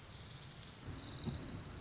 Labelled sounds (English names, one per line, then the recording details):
Orange-crowned Warbler
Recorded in Sonoma County, California